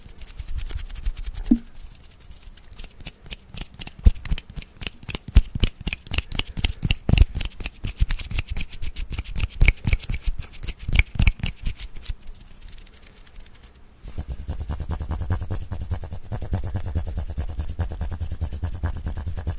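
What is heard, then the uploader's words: Brushing and scratching against a microphone, coming as rapid, irregular strokes through most of the first fourteen seconds, sharp and crisp. After a brief quiet break near the fourteen-second mark, the sound turns into a denser, steadier rubbing with a heavier low rumble. Mic Brushing, Mic Scratching.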